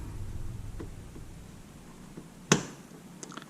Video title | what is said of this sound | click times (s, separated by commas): Dell Precision T7910: How to replace CPUs | there's the click few | 2.5 s